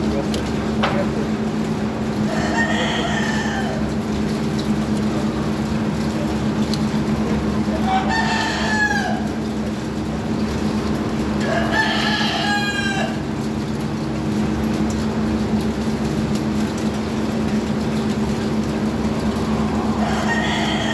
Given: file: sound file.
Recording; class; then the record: poultry; feeding with fan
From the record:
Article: Edge intelligence for poultry welfare: Utilizing tiny machine learning neural network processors for vocalization analysis